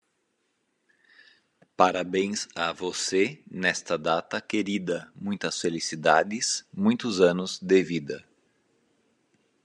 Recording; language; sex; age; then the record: short text; Brazilian Portuguese; male; 40 to 49 years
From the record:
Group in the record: control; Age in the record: 49 years